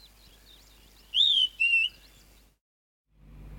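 Flappet lark giving one short two-note whistled phrase, a high slurred note then a lower one, over faint chirps of other birds, followed by a silent gap and a rising noise.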